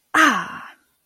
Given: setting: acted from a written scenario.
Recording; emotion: vocal sound without words; pain